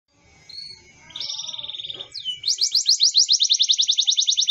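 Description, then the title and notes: Songbird song that starts with soft chirps and a thin trill, then bursts into a loud, fast trill of repeated notes. Complete songbird song, used for training songbirds. "Master Burung Kicau. Masteran Burung Kicau Lengkap"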